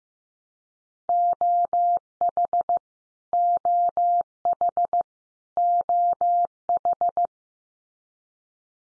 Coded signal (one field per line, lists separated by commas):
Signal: Morse code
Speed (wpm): 15 wpm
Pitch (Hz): 700 Hz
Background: none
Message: OH OH OH